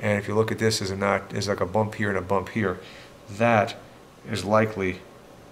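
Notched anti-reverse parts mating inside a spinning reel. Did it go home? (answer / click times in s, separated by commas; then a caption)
no / none. Someone talks while handling the notched anti-reverse parts of a Shimano spinning reel during servicing, lining up their notches and bumps so the parts will lock together. Nothing has seated or clicked yet.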